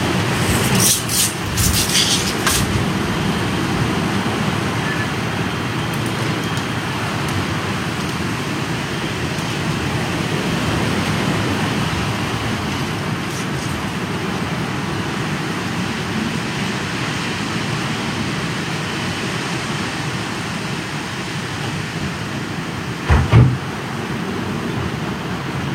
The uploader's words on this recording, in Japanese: とある梅雨入りの強風。風のものすごく強い日がありましたね。